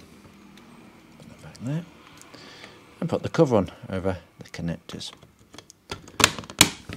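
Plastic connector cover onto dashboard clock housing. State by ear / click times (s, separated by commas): seated / 6.6 s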